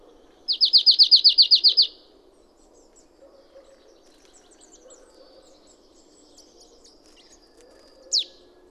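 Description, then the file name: Marsh tit giving a fast run of about eleven clipped downslurred notes, then quiet with faint high twitters, and a single sharp descending note near the end. "Poecile palustris"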